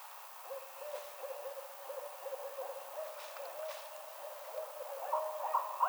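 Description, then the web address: Barred owl hooting, a wavering low hoot repeated steadily for several seconds, rising into louder, rougher notes near the end. Recorded 22 March 2007. "Barred Owl 2007 03 22 Barred Owl"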